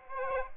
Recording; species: mosquito wingbeat signal from an infrared sensor; Aedes aegypti